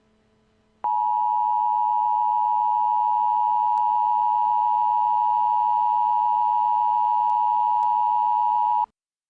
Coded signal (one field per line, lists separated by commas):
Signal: Emergency Alert System (SAME) tones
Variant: 853 and 960 Hz attention tone